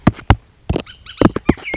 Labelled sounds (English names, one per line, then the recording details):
Bullock's Oriole
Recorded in Sonoma County, California